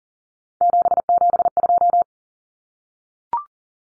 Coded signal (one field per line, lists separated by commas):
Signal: Morse code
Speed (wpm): 40 wpm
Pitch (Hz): 700 Hz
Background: none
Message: 772